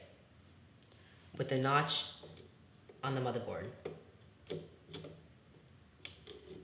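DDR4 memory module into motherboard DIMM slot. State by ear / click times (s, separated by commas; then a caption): seated / 6.0 s. A DDR4 memory stick is lined up by its notch and pressed down evenly into a motherboard DIMM slot until the retention clips snap shut, and it seats with a solid click at 6.1 s. Someone talks over quiet background, with a few smaller ticks and knocks around 0.8, 4.5 and 4.9 s and a faint tick just after the click at 6.3 s.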